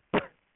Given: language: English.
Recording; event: throat vibration sensor signal played as sound; cough